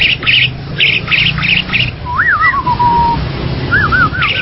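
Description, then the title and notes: Bali myna song: harsh squawking bursts repeated rapidly, then clear wavering whistles sliding downward and a later short whistled phrase. "Jalak Bali 2. Kicau Burung Jalak"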